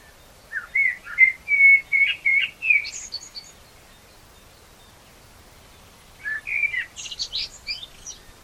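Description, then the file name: Common blackbird song, a flowing fluty phrase ending in a high twitter, a pause, then another whistled phrase with a thin squeaky finish. "Turdus merula"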